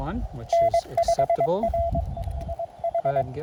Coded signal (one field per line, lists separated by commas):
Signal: Morse code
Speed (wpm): 21 wpm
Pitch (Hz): 680 Hz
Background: speech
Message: N5R IH